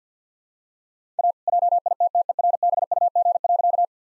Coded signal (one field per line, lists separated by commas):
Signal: Morse code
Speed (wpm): 50 wpm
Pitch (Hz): 700 Hz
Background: none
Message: A JITTERBUG.